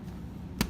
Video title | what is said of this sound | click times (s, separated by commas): Rabbit Air Minus A2 Review | is the one you'll always clean and this just all snaps right in okay | 0.6 s